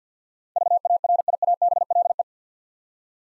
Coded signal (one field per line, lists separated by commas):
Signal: Morse code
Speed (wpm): 50 wpm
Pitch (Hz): 700 Hz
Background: none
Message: VARIABLE